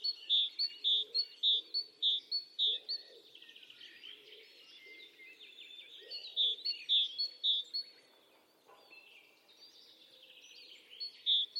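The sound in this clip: Great tit song: rapid alternating high-low note pairs in a run, a pause with softer chatter, then the two-note phrase resumes, with softer lower notes underneath.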